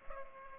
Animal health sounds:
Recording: mosquito wingbeat signal from an infrared sensor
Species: Culex pipiens

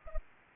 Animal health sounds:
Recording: mosquito wingbeat signal from an infrared sensor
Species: Anopheles arabiensis

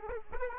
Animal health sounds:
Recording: mosquito wingbeat signal from an infrared sensor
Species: Aedes aegypti

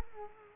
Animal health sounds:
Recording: mosquito wingbeat signal from an infrared sensor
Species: Culex quinquefasciatus

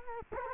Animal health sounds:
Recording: mosquito wingbeat signal from an infrared sensor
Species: Culex quinquefasciatus

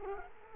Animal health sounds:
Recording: mosquito wingbeat signal from an infrared sensor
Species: Culex quinquefasciatus

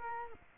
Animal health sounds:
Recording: mosquito wingbeat signal from an infrared sensor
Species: Culex quinquefasciatus

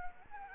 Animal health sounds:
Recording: mosquito wingbeat signal from an infrared sensor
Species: Anopheles arabiensis

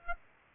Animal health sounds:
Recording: mosquito wingbeat signal from an infrared sensor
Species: Aedes aegypti

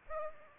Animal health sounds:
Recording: mosquito wingbeat signal from an infrared sensor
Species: Aedes aegypti

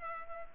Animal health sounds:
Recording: mosquito wingbeat signal from an infrared sensor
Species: Culex pipiens

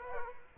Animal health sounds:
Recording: mosquito wingbeat signal from an infrared sensor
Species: Culex quinquefasciatus

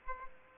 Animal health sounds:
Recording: mosquito wingbeat signal from an infrared sensor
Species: Aedes aegypti

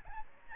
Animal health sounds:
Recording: mosquito wingbeat signal from an infrared sensor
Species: Aedes albopictus

